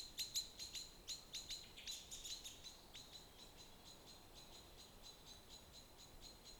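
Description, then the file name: Eurasian blackbird sharp, high clicking calls in a rapid series, about two or three per second, loud at first and then fading, against faint background hiss. "Turdus merula"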